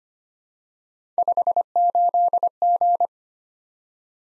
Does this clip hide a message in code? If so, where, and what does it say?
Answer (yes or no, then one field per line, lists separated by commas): yes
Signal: Morse code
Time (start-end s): 1.2-3.1 s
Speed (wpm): 25 wpm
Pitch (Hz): 700 Hz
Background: none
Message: 58G